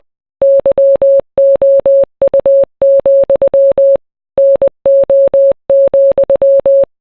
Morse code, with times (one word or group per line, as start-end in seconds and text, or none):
0.4-4.0 YOU,
4.4-6.8 NO,